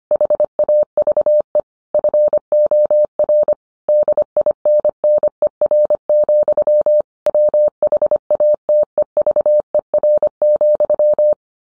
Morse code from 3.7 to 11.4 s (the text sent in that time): DINNER, WHATEVER,